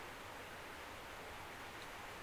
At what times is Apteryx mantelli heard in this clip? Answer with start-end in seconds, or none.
none